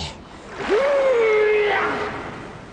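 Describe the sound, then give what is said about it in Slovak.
A big watery splash as a large, enraged fish throws water out of the sea surges up and washes out over about a second, with a low, wavering groan-like tone sliding beneath the rushing spray before it fades. “Tak sa rozpajedila tá ryba, že vyšpľachla z mora toľko vody”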